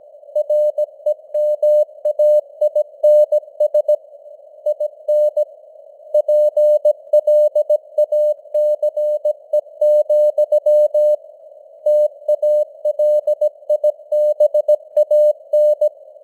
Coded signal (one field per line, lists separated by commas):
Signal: Morse code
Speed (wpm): 17 wpm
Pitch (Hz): 600 Hz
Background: none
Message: REMAINS IN PLACE, TALIBAN